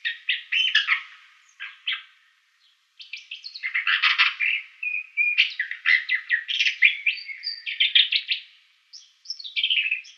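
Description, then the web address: Isabelline shrike singing a long, varied run of scratchy, chattering notes and short trills, broken by brief pauses, with a quiet background. "Schulze Peter Isabelline Shrike song"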